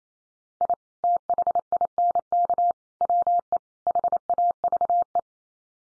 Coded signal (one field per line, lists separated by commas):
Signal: Morse code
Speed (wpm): 28 wpm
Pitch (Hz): 700 Hz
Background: none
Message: I THINK WE HAVE